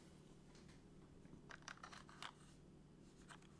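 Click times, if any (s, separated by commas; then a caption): none. A piece of a USB-C/HDMI adapter is handled as it is pushed back toward its housing. Several small, sharp handling ticks and rustles sound over a steady low hum, clustered around 1.5 to 2.3 seconds. Nothing has seated or clicked yet; the clip ends just before the part goes home.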